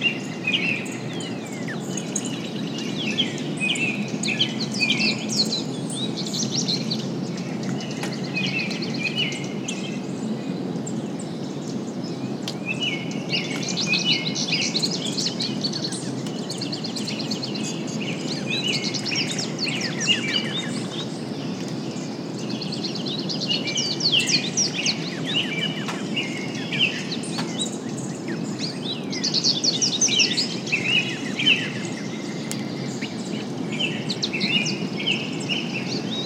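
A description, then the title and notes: Songbirds chirp and trill almost continuously at the tail end of a rainstorm, several voices overlapping in bright, busy bursts. Beneath them a steady low rumble and soft hiss of rain hold level throughout, with no distinct thunderclaps standing out. Early Morning Rainstorm. It was the tailend of a rainstorm and the wildlife was active. You’ll mostly hear a variety of song birds, the undertones of rolling thunder, and gentle rain blowing through.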